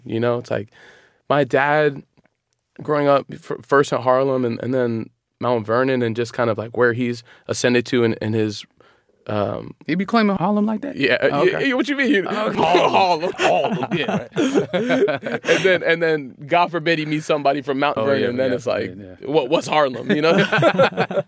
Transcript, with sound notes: you know? It's like, my dad growing up, first in Harlem and then Mount Vernon, and just kind of, like, where he's ascended to in his...
He be claiming Harlem like that?
Yeah. What do you mean, Harlem?
Harlem.
Harlem, yeah.
(LAUGHTER)
And then God forbid he meets somebody from Mount Graham.
Oh, yeah, yeah. Yeah, yeah.
Then it's like, what's Harlem, you know?